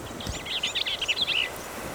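Bell's vireo song: a fast, slurred string of buzzy, chattering notes lasting just over a second, with mild background noise.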